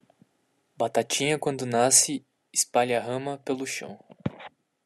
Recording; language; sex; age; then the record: short text; Brazilian Portuguese; male; 20 to 29 years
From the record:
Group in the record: control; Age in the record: 24 years